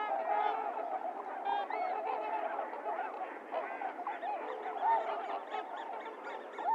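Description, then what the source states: Trumpeter swans in a busy flock, nasal bugling honks overlapping throughout, some rising and falling notes standing out. Several swans recorded 28 January 2022; low-cut filtered.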